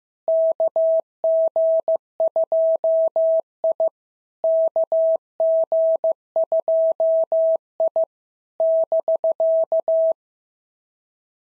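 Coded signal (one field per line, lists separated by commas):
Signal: Morse code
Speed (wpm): 15 wpm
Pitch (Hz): 650 Hz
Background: none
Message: KG2I KG2I <BK>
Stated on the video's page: SOTA QSO practice drill at 15 wpm, each exchange sent in Morse, spoken, then sent again.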